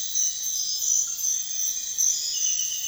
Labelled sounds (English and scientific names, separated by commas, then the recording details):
none
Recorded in pastures near Puerto Asís, Putumayo, Colombia, on 28 February 2025 at 04:30
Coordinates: 0.502, -76.324
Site GP07